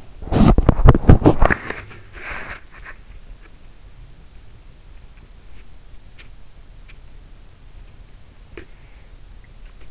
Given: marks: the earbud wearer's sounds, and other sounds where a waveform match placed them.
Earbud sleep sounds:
sounds in sleep by an in-ear microphone; body movement
0.00-3.08 s: body movement

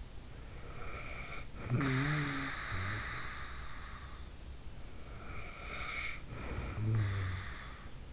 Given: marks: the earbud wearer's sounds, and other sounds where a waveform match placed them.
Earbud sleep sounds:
sounds in sleep by an in-ear microphone; snoring breath
1.05-4.02 s: snoring breath
5.22-8.13 s: snoring breath

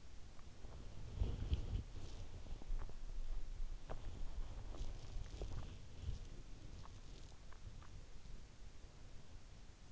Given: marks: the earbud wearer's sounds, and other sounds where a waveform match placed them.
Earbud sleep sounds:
sounds in sleep by an in-ear microphone; body movement
0.00-9.10 s: body movement

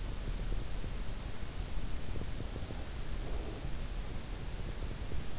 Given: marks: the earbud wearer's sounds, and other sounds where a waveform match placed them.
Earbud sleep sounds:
sounds in sleep by an in-ear microphone; breath
1.55-4.07 s: breath

